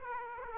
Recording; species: mosquito wingbeat signal from an infrared sensor; Aedes aegypti